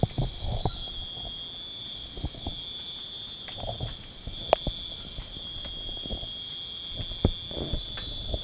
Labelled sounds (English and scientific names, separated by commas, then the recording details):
none
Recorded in pastures near Puerto Asís, Putumayo, Colombia, on 12 March 2025 at 02:30
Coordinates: 0.502, -76.324
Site GP07